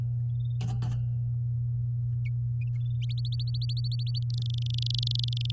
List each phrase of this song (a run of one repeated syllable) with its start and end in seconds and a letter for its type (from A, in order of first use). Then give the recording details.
3.02-4.19 A, 4.22-5.51 B. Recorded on 7 May 2018 at 14:31. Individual llb16